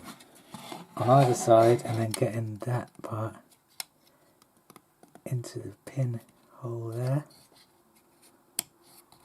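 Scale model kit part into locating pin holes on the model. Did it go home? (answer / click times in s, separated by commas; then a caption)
yes / 8.6 s. A scale model kit part, from a DeAgostini build-your-own X-Wing, is pressed into the locating pin holes on the model while someone talks. Small scratchy handling ticks and taps sound between the words. One sharp snap at 8.6 s marks the part seating in its pin hole.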